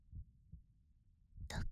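Soft, low, muffled thumps of a slow, calm heartbeat heard with the ear close against an adult woman's chest, ending in a brief rustling burst.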